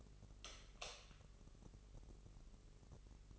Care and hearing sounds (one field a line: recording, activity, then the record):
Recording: daily activity, microphone in the room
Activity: light on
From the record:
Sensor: 4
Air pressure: 996.0 hPa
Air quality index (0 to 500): 66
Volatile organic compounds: 2 ppm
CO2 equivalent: 1205 ppm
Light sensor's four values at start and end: 15/34/13/13 and 18/46/18/18